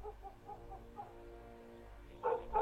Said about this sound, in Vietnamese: tiếng khóc của thằng bé con làm cho con chó vàng bị đánh thức. Cũng chõ ra ngoài mà sủa nhấm nha nhấm nhẳng.